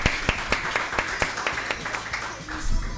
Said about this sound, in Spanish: Sí, un aplauso. Para la sexóloga.